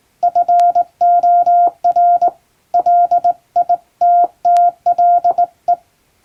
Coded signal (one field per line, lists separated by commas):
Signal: Morse code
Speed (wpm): 20 wpm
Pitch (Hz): 700 Hz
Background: none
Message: FOR LITTLE